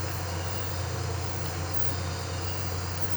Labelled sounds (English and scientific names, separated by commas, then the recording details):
none
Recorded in pastures near Puerto Asís, Putumayo, Colombia, on 12 March 2025 at 04:30
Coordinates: 0.466, -76.322
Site CSA-02